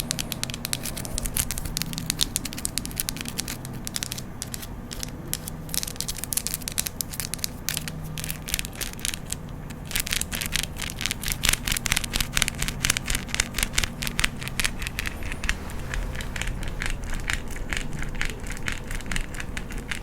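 Scratching and tapping on a fluffy mic, up close, with dense, rapid crackly strokes through the whole clip. The strokes come thicker and brighter after the midpoint, over a steady low rumble and soft muffled thumps underneath.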